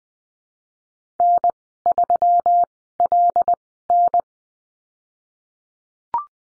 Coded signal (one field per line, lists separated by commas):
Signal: Morse code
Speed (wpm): 20 wpm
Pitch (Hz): 700 Hz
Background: none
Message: N3LN